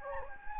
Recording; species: mosquito wingbeat signal from an infrared sensor; Anopheles gambiae